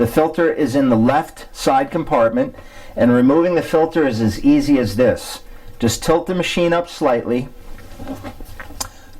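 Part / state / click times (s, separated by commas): filter compartment cover on a countertop water ionizer / released / 8.6 s, 8.8 s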